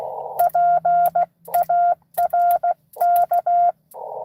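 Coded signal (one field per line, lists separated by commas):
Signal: Morse code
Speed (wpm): 16 wpm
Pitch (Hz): 700 Hz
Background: none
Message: PARK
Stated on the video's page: Live CW Parks on the Air activation at US-2147 during a 12 days of Christmas event.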